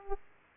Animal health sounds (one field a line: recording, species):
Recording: mosquito wingbeat signal from an infrared sensor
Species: Aedes aegypti